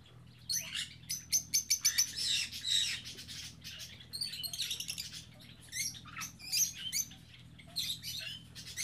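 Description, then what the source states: Birds chattering busily, rapid high chirps and scratchy squawks packed closely together throughout. Captive birds kept in an aviary on Spetses.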